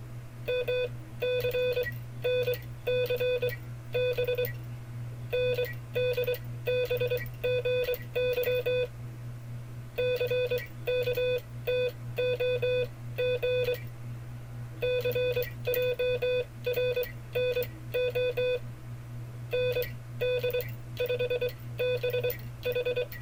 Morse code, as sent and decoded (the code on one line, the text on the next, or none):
-- -.-. -. -.-. -... / -. -.. -... --. -.-- / -.-. -.- - --- --. / -.-. .--- .-. -. --- / -. -.. ..... -... ....
MCNCB NDBGY CKTOG CJRNO ND5BH